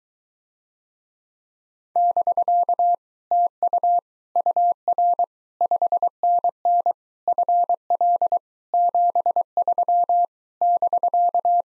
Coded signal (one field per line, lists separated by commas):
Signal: Morse code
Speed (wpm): 24 wpm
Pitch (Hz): 700 Hz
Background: none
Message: <BK> TU UR 5NN FL 73 <BK>